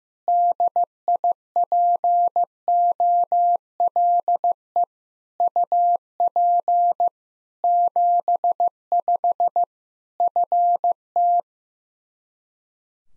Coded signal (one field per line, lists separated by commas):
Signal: Morse code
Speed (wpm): 15 wpm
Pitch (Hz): 700 Hz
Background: none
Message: DIPOLE UP 75 FT